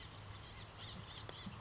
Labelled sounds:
Blue-gray Gnatcatcher (Polioptila caerulea)
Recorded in Sonoma County, California

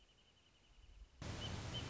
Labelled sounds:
Wrentit (Chamaea fasciata)
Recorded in Sonoma County, California

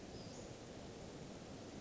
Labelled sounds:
Western Flycatcher (Empidonax difficilis)
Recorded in Sonoma County, California

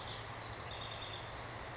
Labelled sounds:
House Wren (Troglodytes aedon)
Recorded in Sonoma County, California

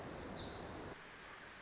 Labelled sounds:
Pacific Wren (Troglodytes pacificus)
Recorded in Sonoma County, California

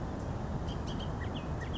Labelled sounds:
Bullock's Oriole (Icterus bullockii)
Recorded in Sonoma County, California

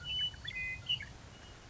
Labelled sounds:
Western Meadowlark (Sturnella neglecta)
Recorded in Sonoma County, California

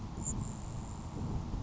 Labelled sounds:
Grasshopper Sparrow (Ammodramus savannarum)
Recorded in Sonoma County, California

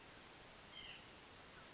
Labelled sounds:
White-breasted Nuthatch (Sitta carolinensis)
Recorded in Sonoma County, California

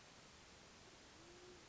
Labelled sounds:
Band-tailed Pigeon (Patagioenas fasciata)
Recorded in Sonoma County, California

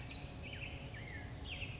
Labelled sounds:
Western Flycatcher (Empidonax difficilis)
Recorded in Sonoma County, California

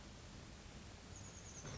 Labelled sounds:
Chestnut-backed Chickadee (Poecile rufescens)
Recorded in Sonoma County, California

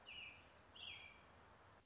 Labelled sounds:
American Robin (Turdus migratorius)
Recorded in Sonoma County, California

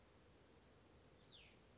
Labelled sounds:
Cassin's Vireo (Vireo cassinii)
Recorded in Sonoma County, California

